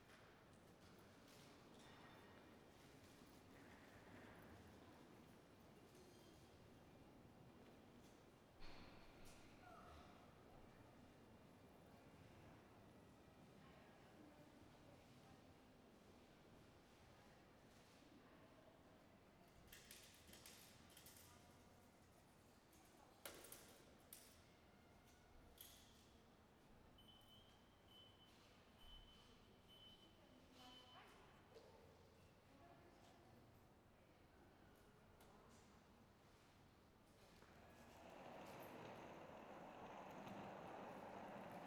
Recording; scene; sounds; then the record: everyday scene through a hearing-aid microphone; reverberant space; background noise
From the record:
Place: railway station hall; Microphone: behind the ear, right, rear